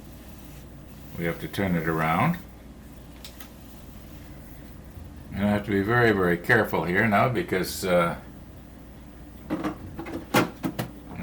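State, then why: Seated. A model ship part is turned around, carefully fitted and pressed into its mount in the hull assembly while someone talks. After faint taps and handling noises, it seats with a sharp snap at 10.8 seconds and locks into place.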